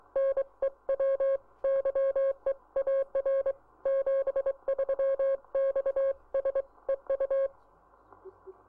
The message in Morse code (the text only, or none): NEW YEAR 73 XS EU